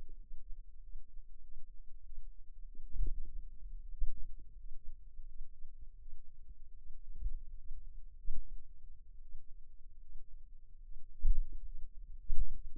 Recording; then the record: forearm muscle sounds (acoustic myography)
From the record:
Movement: finger pinch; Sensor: system 2, bracelet of six BSWA MPA416 microphones around the upper forearm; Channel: 6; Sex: female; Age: 23 years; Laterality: right